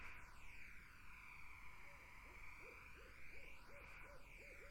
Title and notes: Barred Owls in a Summer Wetland. The Wild Life